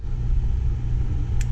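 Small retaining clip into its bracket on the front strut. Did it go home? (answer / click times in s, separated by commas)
yes / 1.4 s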